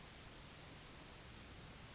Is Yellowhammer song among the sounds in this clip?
no